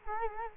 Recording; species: mosquito wingbeat signal from an infrared sensor; Culex quinquefasciatus